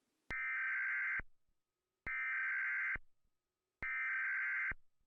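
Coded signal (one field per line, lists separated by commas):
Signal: Emergency Alert System (SAME) tones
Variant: header bursts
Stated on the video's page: Mock alert scenario for a gamma-ray burst extinction event, with no loud audio cues.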